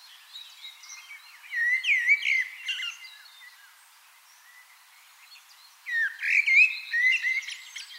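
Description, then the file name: Common blackbird singing two fluty, warbled phrases separated by a few seconds of quiet. "Turdus merula"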